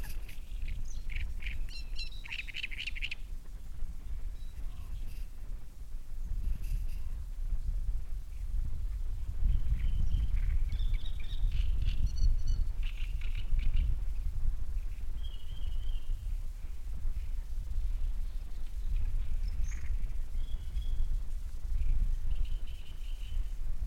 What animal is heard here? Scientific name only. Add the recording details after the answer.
Acrocephalus arundinaceus. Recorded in the wild. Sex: male. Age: adult. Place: Müggelsee, Berlin, DE. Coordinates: 52.43, 13.64. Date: 1990-05-04 17:28. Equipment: Uher 4400 Report Monitor, Sennheiser ME 80, K 30 AV. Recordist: Fischer, Stefan